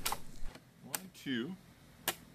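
Two plastic flaps on a toy playset are folded down one after the other, each snapping into place with a sharp click at 0.1 s and 1.0 s while someone talks. Another short click follows at 2.1 s, and both flaps end up seated flush.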